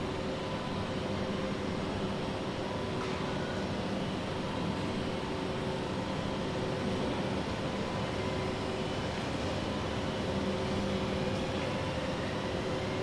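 Ambience on a railway station platform while waiting for a train: a steady, dense rumble with a low drone and faint sustained tones, like an idling engine or equipment hum. Small knocks and clatters sound around three seconds and again near ten.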